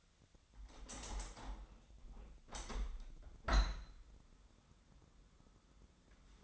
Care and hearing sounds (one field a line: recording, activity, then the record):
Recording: daily activity, microphone in the room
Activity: open window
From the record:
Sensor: 3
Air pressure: 1006.5 hPa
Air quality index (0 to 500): 201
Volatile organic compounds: 16 ppm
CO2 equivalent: 2556 ppm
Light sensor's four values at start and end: 10/24/10/10 and 10/24/10/10